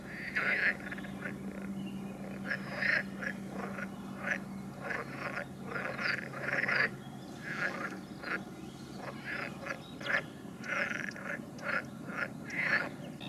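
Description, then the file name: Frog chorus: many short, rasping calls overlapping in quick succession, with a low steady hum underneath for the first third. "Ni Gi D - Nature Recordings - Frogs"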